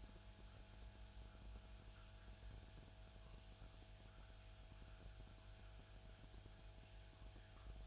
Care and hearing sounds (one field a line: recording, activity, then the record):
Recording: daily activity, microphone in the room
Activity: make coffee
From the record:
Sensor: 2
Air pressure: 1001.9 hPa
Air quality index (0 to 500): 248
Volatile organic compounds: 39 ppm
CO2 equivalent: 3131 ppm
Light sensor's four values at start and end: 8/27/10/10 and 8/27/10/10